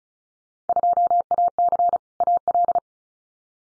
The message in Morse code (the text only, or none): 2AC AL